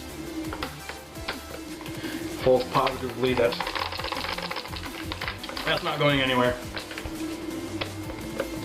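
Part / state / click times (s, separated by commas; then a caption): folding stock locking into the receiver hinge of an airsoft submachine gun / seated / 7.8 s. The folding stock of a Double Eagle M89 UMP airsoft submachine gun is swung back from the folded position to the extended one while someone talks, with scattered handling clicks and taps along the way. Its plastic hinge latch locks into the receiver with a sharp click at 7.8 s, and the stock is seated securely.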